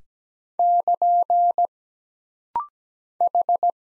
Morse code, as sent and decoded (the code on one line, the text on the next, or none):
-.--. / ....
<KN> H